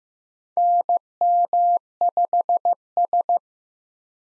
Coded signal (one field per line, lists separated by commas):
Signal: Morse code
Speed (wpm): 15 wpm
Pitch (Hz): 700 Hz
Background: none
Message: NM5S